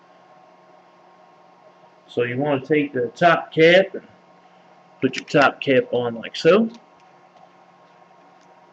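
A stainless top cap is placed and lined up on the battery tube of a Pioneer4You Seven 22 vape mod, ahead of seating. Someone talks in two bursts, around 2.1–4.0 s and 5.0–6.8 s, over a faint steady hum. The cap has not clicked or seated yet in this stretch.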